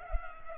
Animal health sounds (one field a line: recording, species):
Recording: mosquito wingbeat signal from an infrared sensor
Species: Culex pipiens